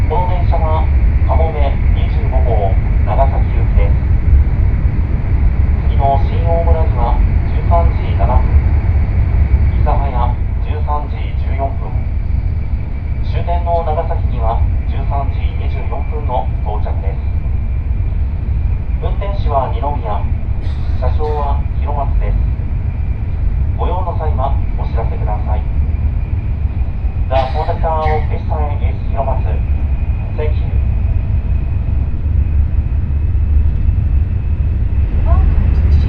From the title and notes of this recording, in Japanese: 西九州新幹線かもめ25号武雄温泉→長崎。嬉野温泉駅は通過なので、停車駅は新大村、諫早、長崎の３つです。